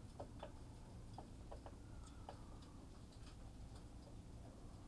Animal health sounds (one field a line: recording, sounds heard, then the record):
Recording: poultry house recording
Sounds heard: healthy chickens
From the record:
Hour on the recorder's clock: 18